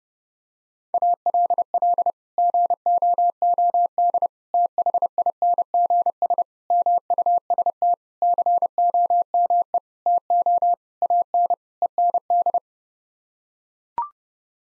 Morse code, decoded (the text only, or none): ALL GOOD THINGS MUST COME TO AN END